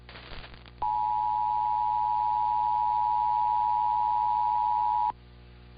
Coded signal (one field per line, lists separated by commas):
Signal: Emergency Alert System (SAME) tones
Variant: 853 and 960 Hz attention tone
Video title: We aren't severe enough! | EAS Alerts from 9/25/2022 (EAS #2034-2039)